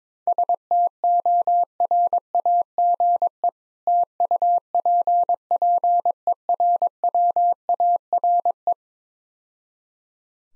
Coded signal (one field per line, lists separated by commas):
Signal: Morse code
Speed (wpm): 23 wpm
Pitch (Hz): 700 Hz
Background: none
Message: STORAGE TUPPERWARE